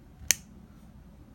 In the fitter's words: could hear a distinct click that's